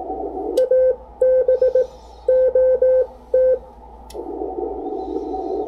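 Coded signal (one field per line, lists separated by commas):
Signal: Morse code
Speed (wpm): 18 wpm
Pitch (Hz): 510 Hz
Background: none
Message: ABOT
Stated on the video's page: Amateur radio CW ragchew and code practice.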